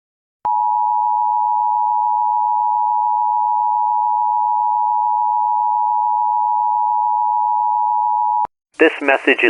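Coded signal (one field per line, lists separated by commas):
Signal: Emergency Alert System (SAME) tones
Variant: 853 and 960 Hz attention tone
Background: speech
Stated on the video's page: Fictional EAS scenario containing valid SAME tones.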